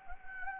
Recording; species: mosquito wingbeat signal from an infrared sensor; Anopheles gambiae